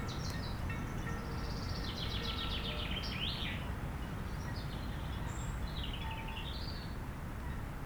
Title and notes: 80 Chem. des Rubellines, 73310 Chindrieux, France - rouge gorge. Au soleil sur la pelouse en pente de la plage de Châtillon , à l'abri du vent du Nord , un rouge gorge chante non loin , rumeur du vent dans les arbres